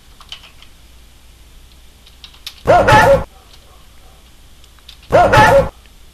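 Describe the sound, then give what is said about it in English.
A dog barks twice, each bark loud and drawn out, spaced a couple of seconds apart, with faint keyboard-like clicking in the background between them. “And there's a lot of barking happening.”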